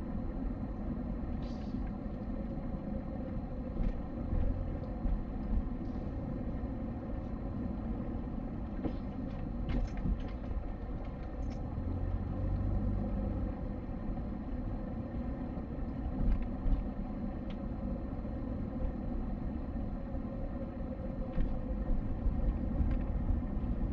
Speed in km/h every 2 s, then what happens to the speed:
21, 20, 21, 23, 11, 17, 21, 22, 21, 20, 20, 20.
0-6 steady at about 21. 6-8 brakes to 11. 8-11 speeds up to 21. 11-24 steady at about 20.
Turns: none.